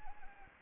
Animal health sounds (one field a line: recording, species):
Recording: mosquito wingbeat signal from an infrared sensor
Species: Anopheles gambiae